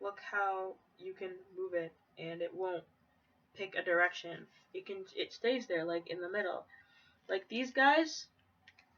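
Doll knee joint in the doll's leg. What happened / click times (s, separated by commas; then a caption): The joint is being handled but has not yet snapped into place / none. Someone talks while handling the knee joint in the leg of a resin ball-jointed doll, moving it so it picks a direction. A couple of faint ticks sound near the end, but nothing has seated or clicked yet; the knee has not snapped into place.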